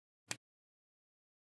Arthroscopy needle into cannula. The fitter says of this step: and then what we'll do is actually take the Nano needle and you'll actually hear the click